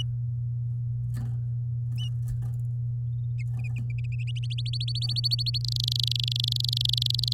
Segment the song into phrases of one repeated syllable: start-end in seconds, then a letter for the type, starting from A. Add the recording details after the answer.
4.36-5.58 A, 5.61-7.33 B. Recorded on 10 May 2018 at 11:48. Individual llb16